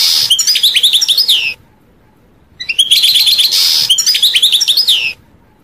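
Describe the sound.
European goldfinch song, two bright twittering phrases of rapid chips and downslurred whistles, with a short pause between them.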